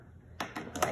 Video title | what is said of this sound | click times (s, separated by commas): PAPR-passoff_1stQuarter | Here, lock, feel it click in. | 0.4 s, 0.8 s